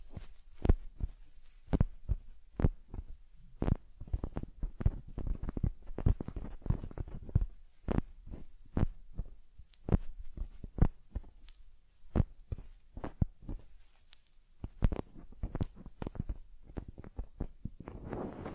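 A teddy bear gets a head massage, combing and cleaning, heard as a steady run of short taps, soft thumps and scratchy brushing strokes. They come irregularly, often several a second, with a denser, rumbling rubbing stretch around five to eight seconds.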